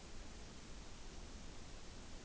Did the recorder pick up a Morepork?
no